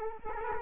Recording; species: mosquito wingbeat signal from an infrared sensor; Culex quinquefasciatus